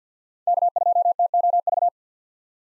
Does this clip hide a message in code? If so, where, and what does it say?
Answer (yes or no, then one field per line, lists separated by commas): yes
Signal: Morse code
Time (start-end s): 0.5-1.9 s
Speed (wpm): 45 wpm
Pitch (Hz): 700 Hz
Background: none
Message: K2TOV